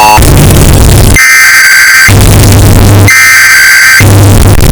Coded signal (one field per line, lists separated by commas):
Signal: Emergency Alert System (SAME) tones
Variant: header bursts